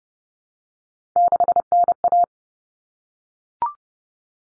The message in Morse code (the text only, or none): 6NA